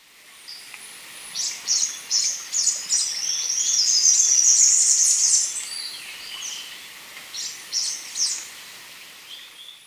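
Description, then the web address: Three-striped warbler song: a few separate high chips, then a dense high-pitched twittering run in the middle, followed by more scattered thin notes. Recorded in Ecuador. "Birds of Ecuador. Three-striped Warbler"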